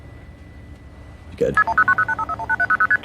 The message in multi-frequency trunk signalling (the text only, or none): KP21090851800ST